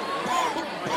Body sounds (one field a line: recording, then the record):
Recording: coughing mixed with background sound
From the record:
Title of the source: Dry Coughing Fit in the Afternoon.